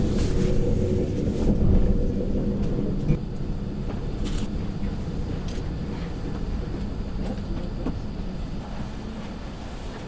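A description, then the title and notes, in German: A night train ride rumbles steadily low, louder for the first three seconds with a droning tone, then softer, with occasional faint clicks. Zugfahrt in der Nacht.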